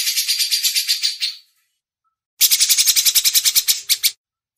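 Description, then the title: Grey-cheeked bulbul with a fading rattle, a pause, then a louder burst of fast harsh pulses. Masteran training recording. "MASTERAN CUCAK JENGGOT"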